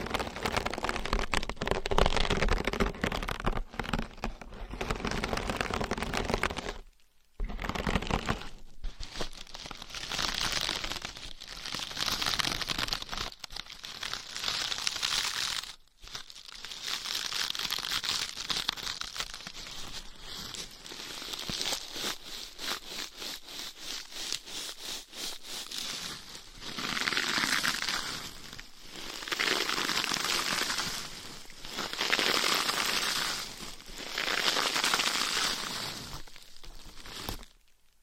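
Scratching and tapping with nails and assorted items, a dense, restless stream of crinkly, crackling scrapes that swell and ease in waves. Brief full stops come near 7 and 16 seconds and again at the very end, with quieter softer rubbing stretches around 20–27 seconds.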